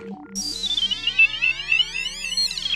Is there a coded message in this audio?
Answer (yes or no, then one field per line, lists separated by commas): no